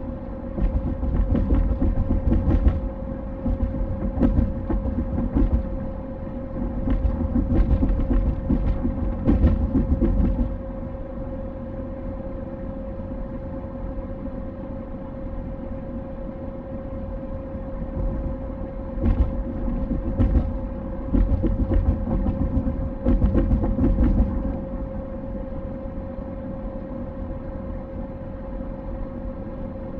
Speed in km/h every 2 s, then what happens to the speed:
68, 68, 68, 68, 68, 68, 68, 68, 68, 68, 68, 68, 68, 68, 68.
0-30 steady at about 68.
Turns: none.